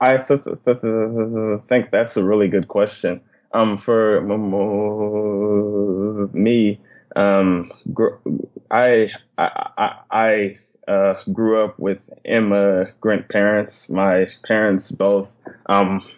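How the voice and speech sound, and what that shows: Adult man, a systems analyst in Dallas, Texas, and a person who stutters, speaks with long pauses, a held 'g' sound, repeated 'I' and drawn-out fillers: stuttering.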